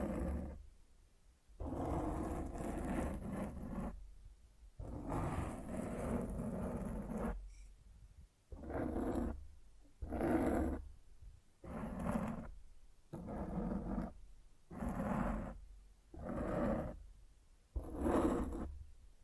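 A microphone is scratched in repeated rough bursts, each lasting one to two seconds with short silent gaps between. The first strokes are longer and heavier, and later ones come more regularly, about every second and a half, with a gritty, rasping texture.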